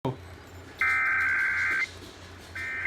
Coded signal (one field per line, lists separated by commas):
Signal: Emergency Alert System (SAME) tones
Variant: header bursts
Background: speech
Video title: 10 SUBS!!! National Periodic Test on 94.9 KYSS-FM & 93.3 KGGL-FM Missoula (EAS #77-78)